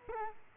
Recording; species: mosquito wingbeat signal from an infrared sensor; Culex quinquefasciatus